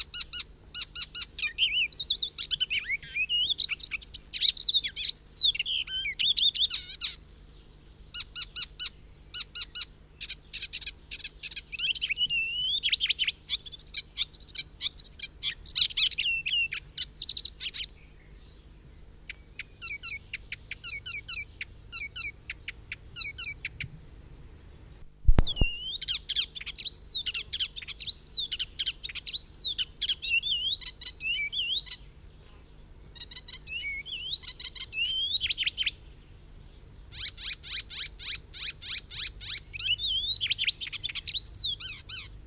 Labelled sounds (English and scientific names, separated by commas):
Icterine Warbler (Hippolais icterina) song